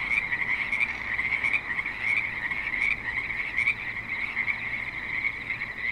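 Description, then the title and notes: Frog chorus, a continuous shrill wall of trilled croaks from many frogs. Frogs calling at a creek in suburban Spanish Springs, Nevada. "Frogs in Spanish Springs, NV - creek view. Frogs with light traffic and other suburban sounds"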